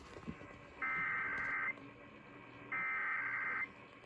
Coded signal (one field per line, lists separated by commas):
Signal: Emergency Alert System (SAME) tones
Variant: header bursts